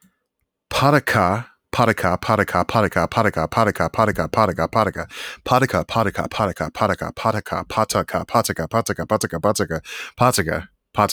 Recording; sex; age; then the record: repeated syllables /pa ta ka/; male; 30 to 39 years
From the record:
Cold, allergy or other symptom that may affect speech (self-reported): no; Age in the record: 30 years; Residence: Illinois, United States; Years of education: 12